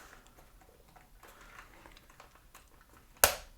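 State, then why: Seated. A plastic HonsVR prescription lens adapter ring, holding a prescription lens, is pressed evenly around a Meta Quest 3s headset lens, with faint rustling and light handling taps underneath. A sharp, loud snap at 3.2 s marks the ring seating onto the headset lens.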